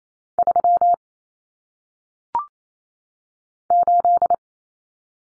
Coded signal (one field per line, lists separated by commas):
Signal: Morse code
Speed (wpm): 28 wpm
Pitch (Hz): 700 Hz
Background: none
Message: 3 8